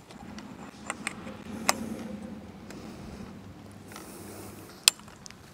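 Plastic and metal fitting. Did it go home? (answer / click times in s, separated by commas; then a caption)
yes / 1.7 s, 4.9 s. The male halves of bimini bows are pushed into their fittings on a solar boat. Sharp clicks land at 1.7 s and 4.9 s, the second much louder, with a few softer ticks around them over a low steady hum. Both fittings seat with a click.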